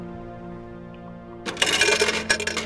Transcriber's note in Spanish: sonido de moneda entrando y cayendo por la ranura de un teléfono público